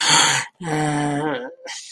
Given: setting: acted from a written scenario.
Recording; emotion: vocal sound without words; negative surprise